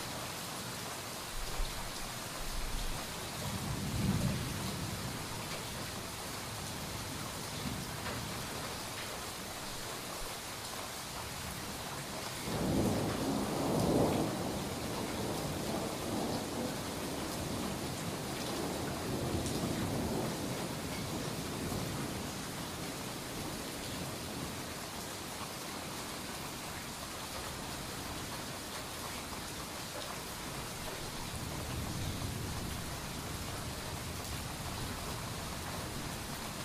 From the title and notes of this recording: Soft Rainfall for Sleep - White Noise. Sound of rain falling during a thunderstorm.